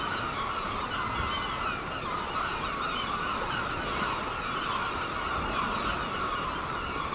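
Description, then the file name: Gulls crying in a crowded chorus of constant overlapping calls. Gulls at Seaton, dated 17 03. "OKM Seagulls Seaton 17 03"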